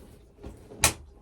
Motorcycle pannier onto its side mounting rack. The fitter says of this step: Push until it clicks. Lock.